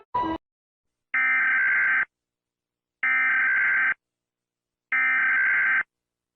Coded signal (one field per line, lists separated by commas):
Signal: Emergency Alert System (SAME) tones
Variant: header bursts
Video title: random eas alarms (i’ve been doing this for hours straight)